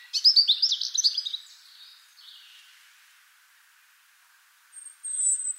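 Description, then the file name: European robin pouring out a fast twittering phrase of high notes that fades away, then after a pause a thin, very high whistle. "Erithacus rubecula"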